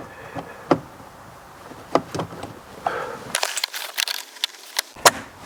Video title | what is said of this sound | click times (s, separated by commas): Porsche Boxster 986 - Replacing the Shifter That Ruins the Drive - Jay Read | there look at that clicked | 4.8 s